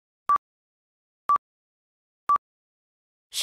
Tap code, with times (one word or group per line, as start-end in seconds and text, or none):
none